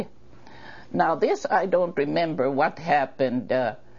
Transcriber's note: none